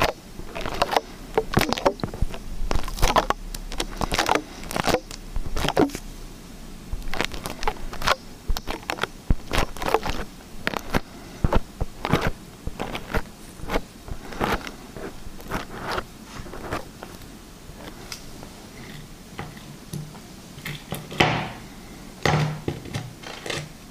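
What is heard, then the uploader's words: Liquid slime is squished and stretched, giving a dense, irregular stream of wet clicks, pops and squelches, several each second. The sounds are crisp and bright over a faint low hum, with a few louder squishes near the start and around 21 seconds. Liquid Slime ASMR.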